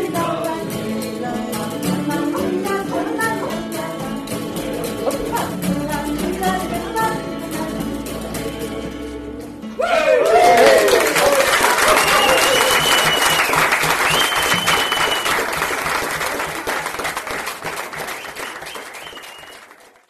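A lively bar with music and chatter filling the room for the first ten seconds. Around the halfway point the crowd erupts into loud, dense applause and cheering, with high shouts or whistles cutting through, before the noise fades out at the end.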